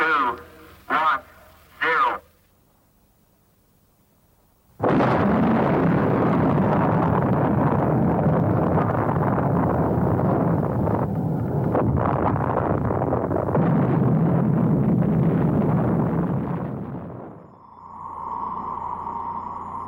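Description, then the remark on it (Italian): A sudden loud blast from an atomic bomb test gives way to a sustained, dense low rumble that roars for over ten seconds before dropping off into a steady tone, preceded by a few brief sharp bursts. “Dopo l'esplosione tutto sembra essere sotto controllo.”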